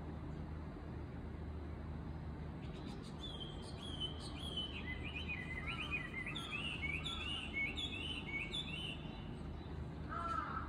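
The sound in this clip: Bird song, a lively run of varied high chirps and twittering phrases, with a lower separate call near the end, over a constant low hum.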